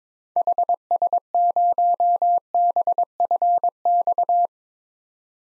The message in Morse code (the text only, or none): HS0BFX